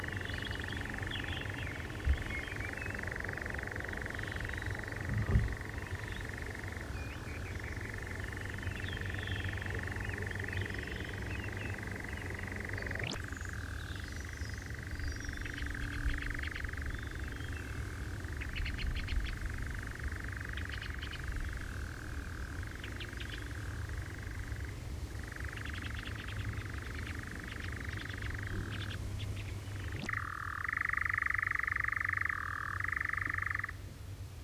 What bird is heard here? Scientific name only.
Caprimulgus europaeus